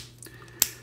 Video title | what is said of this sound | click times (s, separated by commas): Video Review: FansProject TFcon 2018 Kausality KA-10 K-BONE | allow the knees to come out at least they should there we go snap | 0.6 s